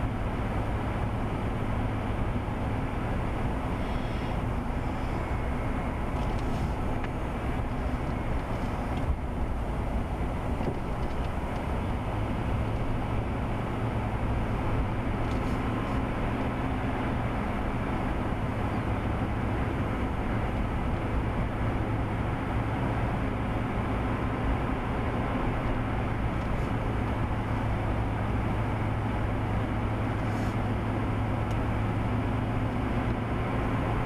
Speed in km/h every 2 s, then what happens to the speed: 50, 52, 52, 50, 47, 47, 50, 55, 56, 56, 56, 58, 60, 61, 58, 60, 60.
0-10 steady at about 50. 10-15 speeds up to 56. 15-34 steady at about 58.